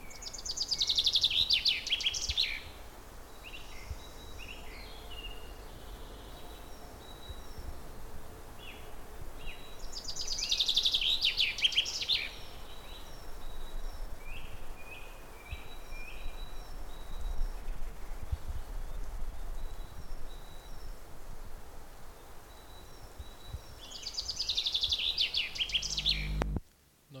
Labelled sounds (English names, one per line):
Common Chaffinch